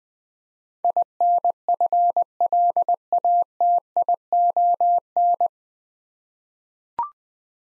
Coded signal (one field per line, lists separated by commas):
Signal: Morse code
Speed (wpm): 21 wpm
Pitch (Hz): 700 Hz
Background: none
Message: INFLATION